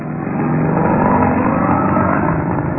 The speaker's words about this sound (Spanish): Calimán conducía hábilmente el moderno auto Sport por aquel camino polvoso y solitario